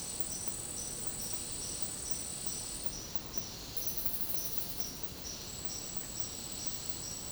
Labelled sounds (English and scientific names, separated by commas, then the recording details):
none
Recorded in dense forest near Puerto Asís, Putumayo, Colombia, on 20 February 2024 at 10:00
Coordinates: 0.503, -76.322
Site G6418